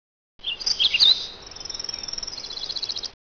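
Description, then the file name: Bird chirps: a few quick, high-pitched chirps in the first second, then a steady, shimmering high buzz continuing almost to the end. "remy bird"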